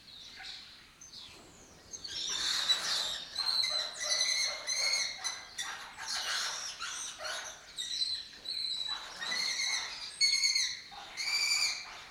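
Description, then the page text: Lesser kestrels calling in a dense, ringing chatter of repeated harsh notes in bursts. Breeding colony in an abandoned building complex in Doñana, southern Europe; migratory raptor that forages in West Africa and breeds in southern Europe. "Lesser Kestrels Took Over an Abandoned Building - wp.earth.fm. A migratory raptor wich spends its foraging time in West Africa and breeds in southern Europe. Here in Doñana"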